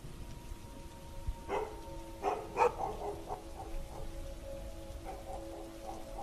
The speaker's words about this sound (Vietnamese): Ở bên ngoài, mưa đã bắt đầu rơi dày hạt hơn. Tiếng mưa gió hòa cùng với tiếng chó ở trong làng cắn nhấm nhằng, làm cho không khí càng thêm quái đản.